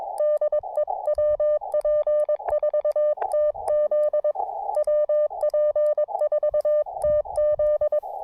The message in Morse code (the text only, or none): DE WP4TZ WP4TZ